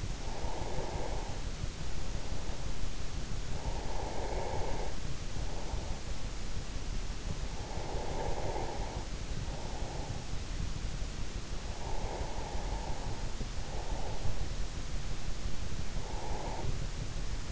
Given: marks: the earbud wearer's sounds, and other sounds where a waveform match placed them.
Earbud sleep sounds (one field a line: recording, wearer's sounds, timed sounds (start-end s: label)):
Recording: sounds in sleep by an in-ear microphone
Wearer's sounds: breath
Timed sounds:
0.38-2.59 s: breath
3.11-6.16 s: breath
7.33-10.51 s: breath
11.59-14.35 s: breath
15.51-17.52 s: breath